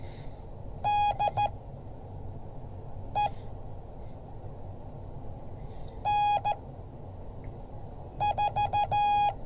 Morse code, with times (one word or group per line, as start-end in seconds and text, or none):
0.9-3.3 DE
6.1-9.3 N4